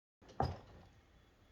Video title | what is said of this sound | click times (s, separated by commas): Yamaha RD/RZ Restore Part 23 - RZ250 Wheel Bearings and Disc installed | You probably heard it pop once. It should usually pop twice onto the rim either side. | 0.4 s